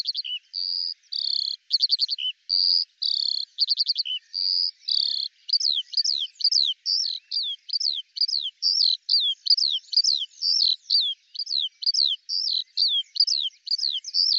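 Eurasian skylark song opening with buzzy notes and short trills, then shifting to a long run of sharp rising-falling chirps repeated rapidly.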